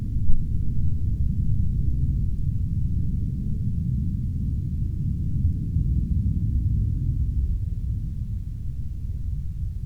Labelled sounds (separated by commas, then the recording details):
aircraft
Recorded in the Arctic National Wildlife Refuge, Alaska, on 16 August 2019 at 02:07
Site 40